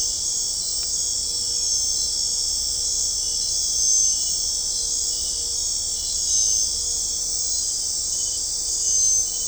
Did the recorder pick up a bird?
no